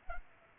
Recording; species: mosquito wingbeat signal from an infrared sensor; Culex pipiens